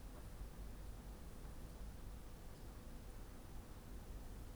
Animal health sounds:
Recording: poultry house recording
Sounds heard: no chicken sound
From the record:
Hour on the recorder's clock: 13

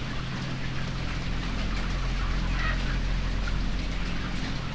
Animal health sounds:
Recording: poultry house recording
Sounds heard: healthy chickens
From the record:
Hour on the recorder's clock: 16

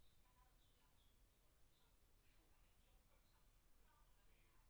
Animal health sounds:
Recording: poultry house recording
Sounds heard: no chicken sound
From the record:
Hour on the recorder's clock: 16

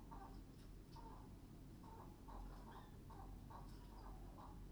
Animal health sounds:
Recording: poultry house recording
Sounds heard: healthy chickens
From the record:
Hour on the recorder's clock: 21

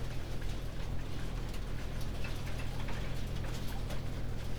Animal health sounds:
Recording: poultry house recording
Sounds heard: no chicken sound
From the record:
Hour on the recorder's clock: 19

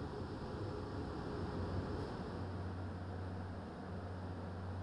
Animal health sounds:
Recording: poultry house recording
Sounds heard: no chicken sound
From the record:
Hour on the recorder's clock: 22

